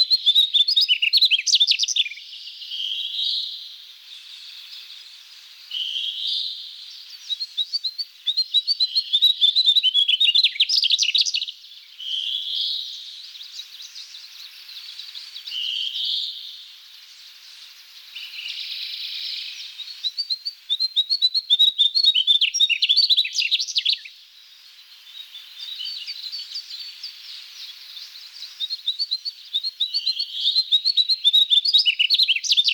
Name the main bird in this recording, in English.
Mugimaki Flycatcher